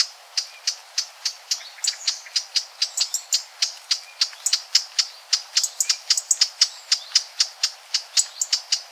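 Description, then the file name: Eurasian blackcap calls: a steady, rapid run of sharp, dry ticking notes. "Sylvia atricapilla"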